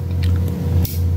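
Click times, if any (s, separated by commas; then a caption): 0.9 s. A spring-loaded ejector, held under spring tension in a metal AR-10 rifle bolt, is worked by hand over a steady low hum. A few faint handling taps come before the ejector settles into place with a small, sharp click at 0.9 s.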